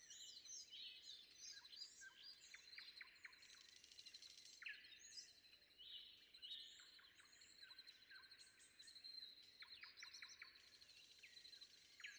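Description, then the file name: Common nightingale song of many varied phrases, with rapid note series, chirps and trills following one another almost without pause, over a steady high background hum. Recorded before dawn. "predawn nightingale"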